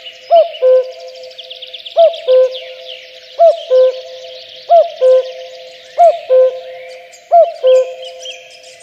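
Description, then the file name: Common cuckoo calling cu-coo six times at a regular pace, the second note lower and longer, over a chorus of high songbird phrases. "kakukk hangja"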